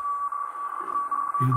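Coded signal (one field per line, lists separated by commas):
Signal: Hellschreiber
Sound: a steady mid-pitched tone with rapid faint flutters and short breaks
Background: low hum, faint hiss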